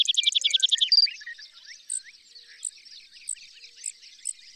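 Bird song: a brief fast trill of bright notes at the start, then a soft chorus of chirps with single high notes about every half second.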